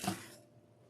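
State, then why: Not seated. A plastic zip tie is being handled to tie mesh to a wire wreath frame, its tail pulled through the locking head. A short burst of broadband rustling at the very start fades out within about half a second, leaving near-silence. Nothing has clicked or seated yet.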